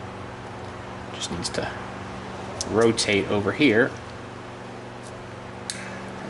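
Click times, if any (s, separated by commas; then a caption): 5.7 s. While the air filter housing on a diesel plate compactor's small diesel engine is reassembled, a metal spring retaining clip is rotated into position as someone talks over a steady low hum. A short, sharp snap at 5.7 s marks the clip seating in place.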